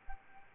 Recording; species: mosquito wingbeat signal from an infrared sensor; Anopheles arabiensis